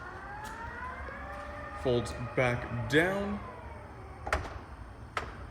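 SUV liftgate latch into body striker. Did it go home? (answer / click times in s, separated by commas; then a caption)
yes / 5.2 s. The power liftgate of a 2019 Mazda CX-5 GT AWD closes down onto the SUV's body while a steady motor whine rises and someone talks. The liftgate latch catches the body striker with a sharp click at 5.2 s, and the liftgate is latched shut.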